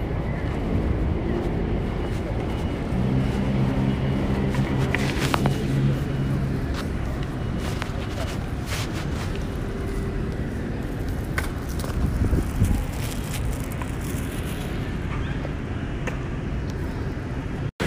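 Hsinchu railway station: a steady low rumble of traffic and engines, faint voices, a brief tonal hum around 3–7 seconds, and scattered clicks and knocks.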